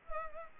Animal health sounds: mosquito wingbeat signal from an infrared sensor; Culex pipiens

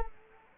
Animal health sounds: mosquito wingbeat signal from an infrared sensor; Culex quinquefasciatus

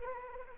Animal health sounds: mosquito wingbeat signal from an infrared sensor; Anopheles arabiensis

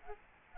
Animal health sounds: mosquito wingbeat signal from an infrared sensor; Aedes albopictus

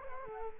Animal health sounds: mosquito wingbeat signal from an infrared sensor; Culex quinquefasciatus

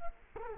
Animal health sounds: mosquito wingbeat signal from an infrared sensor; Culex quinquefasciatus

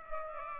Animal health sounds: mosquito wingbeat signal from an infrared sensor; Culex pipiens

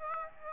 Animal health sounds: mosquito wingbeat signal from an infrared sensor; Aedes aegypti

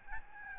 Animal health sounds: mosquito wingbeat signal from an infrared sensor; Aedes albopictus

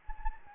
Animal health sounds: mosquito wingbeat signal from an infrared sensor; Anopheles gambiae

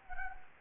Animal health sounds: mosquito wingbeat signal from an infrared sensor; Anopheles gambiae

